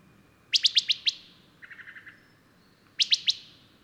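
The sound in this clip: Bird song: a quick burst of five sharp high chirps, then a soft lower buzzy trill, then three more sharp chirps.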